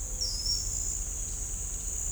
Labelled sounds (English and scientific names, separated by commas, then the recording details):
Ochre-lored Flatbill (Tolmomyias flaviventris)
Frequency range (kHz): Ochre-lored Flatbill (Tolmomyias flaviventris) 4.8-6.1 kHz
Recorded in shrubland near Pivijay, Magdalena, Colombia, on 3 June 2023 at 06:00
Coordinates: 10.453, -74.365
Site P5-G022